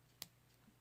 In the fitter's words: just clicking into place like so